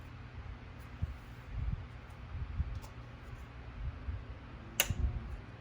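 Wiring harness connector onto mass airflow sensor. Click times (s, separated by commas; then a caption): 4.8 s. A plastic wiring harness connector is pushed back onto a mass airflow sensor and latches with a sharp, bright click at 4.8 s, over a steady low hum with a few faint handling knocks. The connector is seated and confirmed by a tug afterward.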